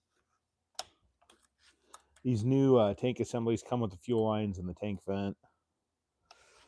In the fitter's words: Get the tank vent pushed in here and snapped into place.